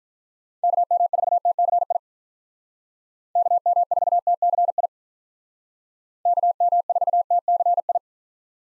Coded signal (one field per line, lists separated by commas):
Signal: Morse code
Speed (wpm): 46 wpm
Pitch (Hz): 700 Hz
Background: none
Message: KM4TCI KM4TCI KM4TCI